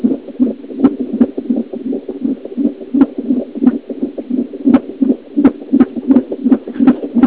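A rapid heartbeat, roughly 165 beats per minute.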